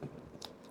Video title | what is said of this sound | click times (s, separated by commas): FINAL FORM! Age of Apocalypse COLOSSUS BAF Complete! - Marvel Legends Review | and then the round hole, just slot it in. You gotta hear the click. | 0.4 s